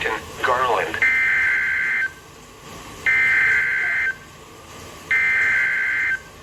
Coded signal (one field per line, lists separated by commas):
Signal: Emergency Alert System (SAME) tones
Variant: header bursts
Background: speech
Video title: EAS #243 Tornado Warning On NWR